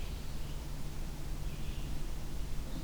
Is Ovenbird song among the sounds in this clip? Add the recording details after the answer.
no. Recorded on 23 June 2016 at 07:21. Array SBT-6-76